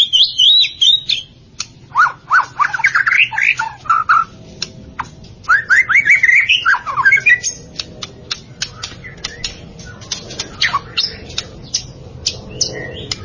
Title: Kicau Murai Batu